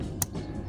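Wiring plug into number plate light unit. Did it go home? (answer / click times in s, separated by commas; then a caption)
yes / 0.2 s. A wiring plug is pushed back onto the number plate light unit of a Renault Clio's rear bumper and clicks in at 0.2 s with a sharp, brief snap. The connector is seated.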